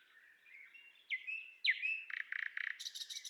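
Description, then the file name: Common nightingale with soft whistles and two sharp slurred notes, then a quick pulsed stutter rising into high buzzy bursts. "Luscinia megarhynchos"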